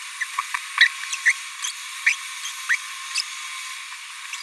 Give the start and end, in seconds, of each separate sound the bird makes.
0.20-0.24, 0.38-0.41, 0.80-0.88, 1.12-1.16, 1.25-1.32, 2.06-2.13, 2.69-2.76, 3.14-3.21